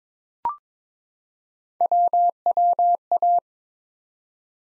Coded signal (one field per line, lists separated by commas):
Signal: Morse code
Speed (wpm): 22 wpm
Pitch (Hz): 700 Hz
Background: none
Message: WWA